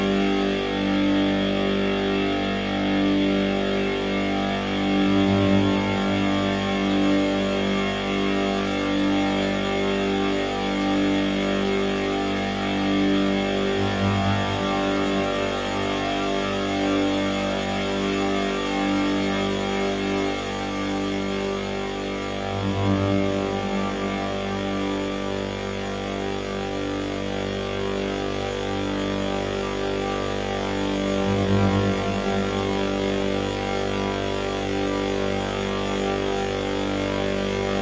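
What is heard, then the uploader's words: A dense, steady drone of stacked tones under a faint hiss, with a soft low swell returning roughly every nine seconds. Drone.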